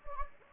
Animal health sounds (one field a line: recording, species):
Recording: mosquito wingbeat signal from an infrared sensor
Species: Anopheles gambiae